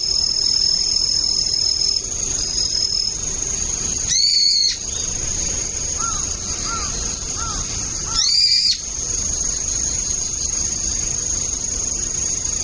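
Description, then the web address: Brown-eared bulbul, two loud piercing screeches about four seconds apart, with a few soft, low, rising whistles between them and a steady high hum behind. Autumn. "sikioto birds akihiyodori"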